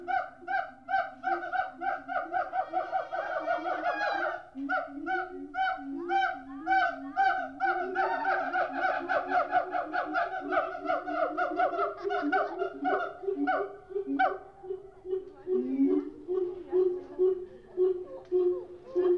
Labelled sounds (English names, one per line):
Siamang